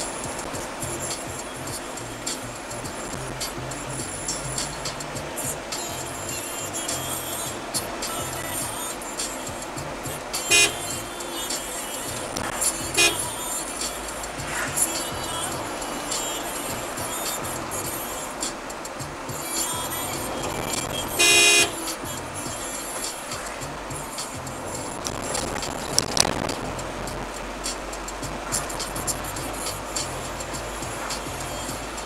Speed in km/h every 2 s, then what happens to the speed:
50, 48, 53, 60, 59, 55, 57, 59, 61, 56, 55, 51, 49, 50, 52, 55.
3-6 speeds up to 60. 6-16 steady at about 59. 16-23 slows to 49.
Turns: none.